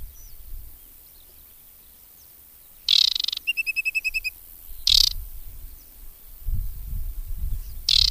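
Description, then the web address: Aquatic warbler song: harsh, rasping bursts, one followed by a quick series of clear, evenly spaced piping notes, then more scratchy bursts; low rumble underneath. "Madardalok Cd 3 Csíkosfejű nádiposzáta"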